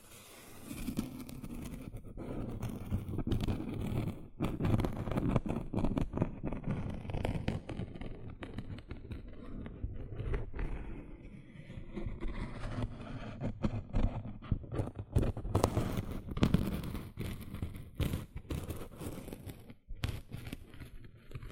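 Gentle scratching runs throughout, a dense, steady rustle sitting mostly in the low and middle range with softer hiss above. Quick sharp clicks and taps break through irregularly, clustering around four to five seconds and again near fifteen to sixteen, with a brief pause near twenty.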